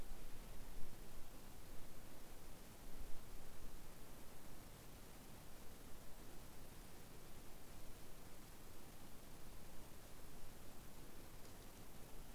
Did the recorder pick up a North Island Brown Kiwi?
no